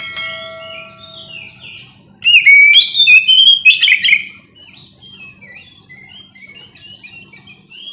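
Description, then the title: Oriental magpie-robin song: a faint steady tone opens, then a loud run of about two seconds of sweet whistles and rich trills, followed by quieter scattered notes over a low hum. "kacer"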